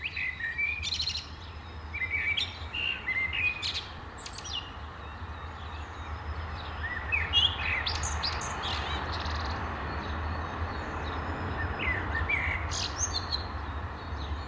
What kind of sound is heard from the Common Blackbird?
song